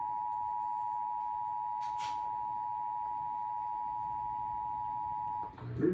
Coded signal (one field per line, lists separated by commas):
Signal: Emergency Alert System (SAME) tones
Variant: 853 and 960 Hz attention tone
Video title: EAS went off so so late it ain’t raining at are home it is all dry